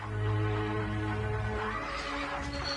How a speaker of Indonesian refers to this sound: Kereta kuda. Aku melihat sebuah kereta kuda mendekat kemari.